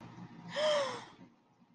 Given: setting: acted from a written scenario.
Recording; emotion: vocal sound without words; positive surprise